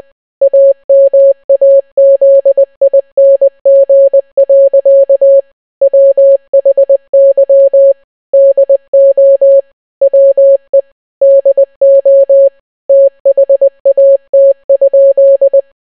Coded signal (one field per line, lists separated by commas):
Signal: Morse code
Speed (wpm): 20 wpm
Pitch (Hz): 550 Hz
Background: none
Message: AMAZING. WHY DO WE DO THAT?